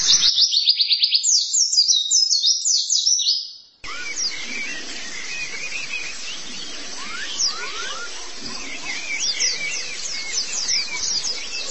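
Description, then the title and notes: White-eye song: rapid, thin, high twittering for about three seconds, then an abrupt change to a busier background of high chirps and short falling whistles. "Suara kicauan burung pleci"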